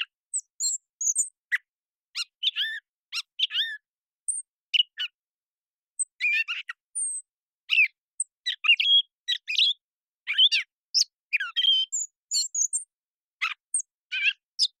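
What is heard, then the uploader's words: A Gray Catbird sings a continuous, varied string of squeaky, nasal and whistled phrases, bright, with brief pauses and silent background. Gray Catbird, Dumetella carolinensis, one long developing song string, clean processed from original parabolic recording. Gray Catbirds sing phrases almost at random with some repeated notes. Long, developing song performances that include whistles, squeaks, gurgles, whines, nasal tones, even mimicry of other birds.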